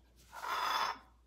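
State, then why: Not seated. The raised glass globe of an antique oil lantern is lowered toward its frame after the wick is lit, making a soft, breathy rushing sound that swells from about 0.3 to 0.9 seconds and then fades. Nothing has seated or clicked yet.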